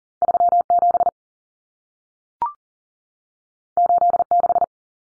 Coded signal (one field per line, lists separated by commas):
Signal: Morse code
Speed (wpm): 40 wpm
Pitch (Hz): 700 Hz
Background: none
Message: 37 86